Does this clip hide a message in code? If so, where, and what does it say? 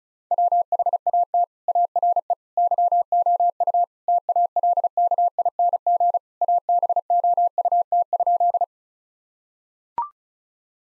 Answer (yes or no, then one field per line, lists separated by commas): yes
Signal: Morse code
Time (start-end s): 0.3-8.6 s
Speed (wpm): 36 wpm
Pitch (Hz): 700 Hz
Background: none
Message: WHAT ARE YOU TALKING ABOUT?